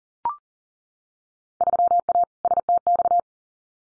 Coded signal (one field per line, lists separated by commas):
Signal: Morse code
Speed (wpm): 38 wpm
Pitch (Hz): 700 Hz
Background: none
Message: 3A STX